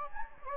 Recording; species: mosquito wingbeat signal from an infrared sensor; Anopheles gambiae